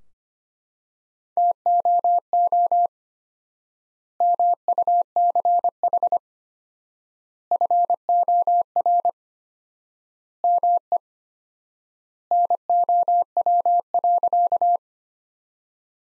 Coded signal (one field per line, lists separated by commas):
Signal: Morse code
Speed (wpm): 25 wpm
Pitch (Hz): 700 Hz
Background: none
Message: TOO MUCH FOR ME NOW.